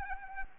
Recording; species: mosquito wingbeat signal from an infrared sensor; Anopheles arabiensis